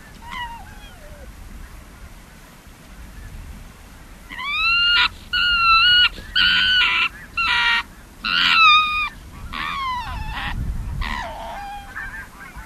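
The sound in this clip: Arctic fox giving a run of harsh, harmonic yelps about one per second, loud and strained, over a low background rumble.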